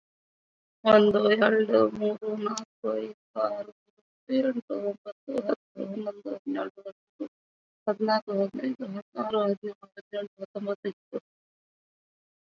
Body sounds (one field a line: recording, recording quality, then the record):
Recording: counting at a normal pace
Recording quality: excellent, no background noise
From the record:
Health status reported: COVID-19 positive, moderate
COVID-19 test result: positive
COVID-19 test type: RT-PCR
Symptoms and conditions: cough, cold, breathing difficulty, sore throat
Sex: female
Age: 51 years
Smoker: no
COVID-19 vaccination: both doses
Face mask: worn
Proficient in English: yes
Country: India